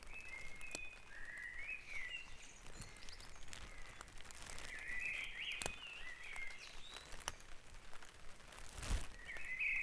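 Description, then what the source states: Birds singing scattered warbled phrases and thin whistles across the whole stretch, over a low crackling hiss with occasional louder pops. Dawn chorus recorded at Back Dragon Avenue, Harrogate, part of a sound map of Harrogate.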